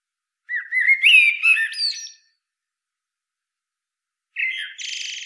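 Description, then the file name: Common blackbird song: a clear rich whistled phrase climbing and tumbling, long quiet gap, then a harsh buzzy squeal at the end. "Turdus merula"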